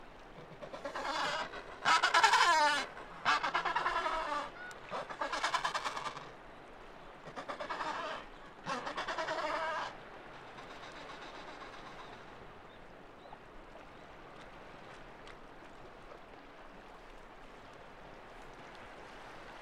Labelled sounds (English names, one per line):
Adelie Penguin call